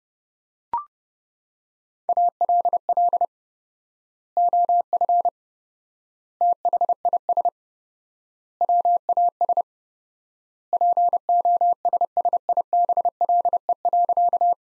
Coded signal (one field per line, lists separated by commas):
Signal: Morse code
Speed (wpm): 30 wpm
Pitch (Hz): 700 Hz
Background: none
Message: ALL OF THIS WAS POSSIBLE.